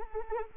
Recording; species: mosquito wingbeat signal from an infrared sensor; Anopheles arabiensis